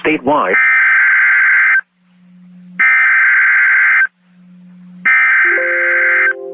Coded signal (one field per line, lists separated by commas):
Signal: Emergency Alert System (SAME) tones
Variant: header bursts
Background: speech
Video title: EAS #66 - 2019 Virginia Tornado Drill (Failed)